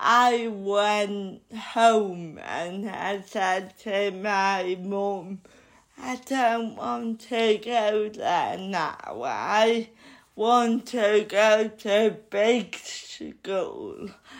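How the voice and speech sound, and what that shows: Slow, effortful speech from an adult woman with cerebral palsy, with stretched vowels and consonants and some creaky voicing, fitting dysarthria.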